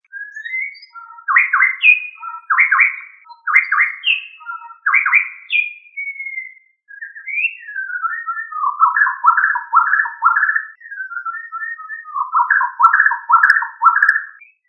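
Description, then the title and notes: Bird song: rich, rapid warbled phrases repeated in several bursts, then longer gliding notes leading into fast rattling, chattering trills. Bird songs from Indonesia. "Kicau Burung Indonesia"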